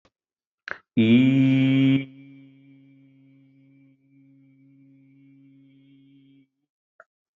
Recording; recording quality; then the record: sustained vowel as in beet; excellent, no background noise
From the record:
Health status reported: healthy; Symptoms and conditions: none ticked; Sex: male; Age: 54 years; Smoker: not ticked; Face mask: not worn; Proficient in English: yes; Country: India